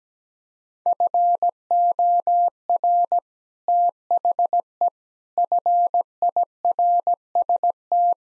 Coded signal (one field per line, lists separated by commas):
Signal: Morse code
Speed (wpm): 17 wpm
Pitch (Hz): 700 Hz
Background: none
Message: FOR THE FIRST